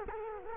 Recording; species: mosquito wingbeat signal from an infrared sensor; Culex quinquefasciatus